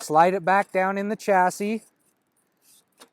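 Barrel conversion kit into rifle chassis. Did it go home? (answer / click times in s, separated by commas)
yes / 3.0 s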